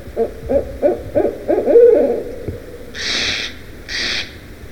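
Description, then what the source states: Barred Owl giving a rapid run of low, bubbling hoots for two seconds, followed by two loud crow caws. Barred owl heard with a crow.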